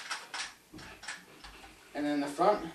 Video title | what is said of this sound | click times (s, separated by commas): Dye Rotor Review | And push down in the back, and just snaps into place. | 0.3 s